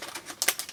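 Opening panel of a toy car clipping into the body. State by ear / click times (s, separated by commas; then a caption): seated / 0.4 s, 0.5 s. An opening panel on a toy or model "Eleanor" car is pushed closed and clips into the body with sharp clicks at 0.4 and 0.5 seconds. Softer ticks follow around 0.6 and 0.7 seconds. The panel is shut and seated.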